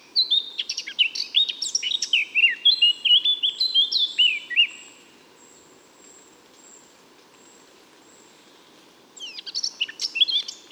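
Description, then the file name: Eurasian blackcap song: a quick warbled burst of varied notes ending in clear fluty phrases, a long pause with faint high notes, then a second burst begins. "Sylvia atricapilla"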